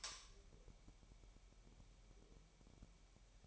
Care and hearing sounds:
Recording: daily activity, microphone in the room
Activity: light on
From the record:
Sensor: 1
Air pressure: 1001.9 hPa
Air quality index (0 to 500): 249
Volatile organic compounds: 55 ppm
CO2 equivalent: 3356 ppm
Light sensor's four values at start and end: 5/11/4/5 and 14/47/19/19

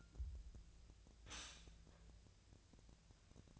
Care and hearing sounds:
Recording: daily activity, microphone in the room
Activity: stop toaster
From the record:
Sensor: 2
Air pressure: 1009.2 hPa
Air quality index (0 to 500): 187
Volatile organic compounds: 11 ppm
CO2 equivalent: 2318 ppm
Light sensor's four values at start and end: 23/58/24/27 and 23/58/24/27

